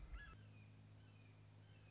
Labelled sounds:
Red-shouldered Hawk
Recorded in Sonoma County, California

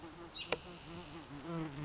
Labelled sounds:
Spotted Towhee
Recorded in Sonoma County, California

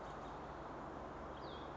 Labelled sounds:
Cassin's Vireo
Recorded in Sonoma County, California

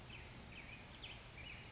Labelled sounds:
Black-headed Grosbeak
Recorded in Sonoma County, California

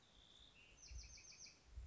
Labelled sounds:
Bewick's Wren
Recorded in Sonoma County, California

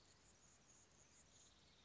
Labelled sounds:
Anna's Hummingbird
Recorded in Sonoma County, California

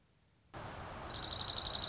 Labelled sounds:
Dark-eyed Junco
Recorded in Sonoma County, California

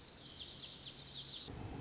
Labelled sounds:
Lazuli Bunting
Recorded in Sonoma County, California

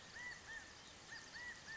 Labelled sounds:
California Quail
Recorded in Sonoma County, California

